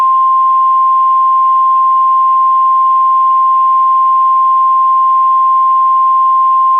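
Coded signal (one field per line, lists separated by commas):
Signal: Emergency Alert System (SAME) tones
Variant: 1050 Hz attention tone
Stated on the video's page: Valid EAS tones in a fictional EAS scenario about severe winter weather across the United States.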